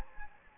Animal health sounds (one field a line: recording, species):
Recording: mosquito wingbeat signal from an infrared sensor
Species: Anopheles gambiae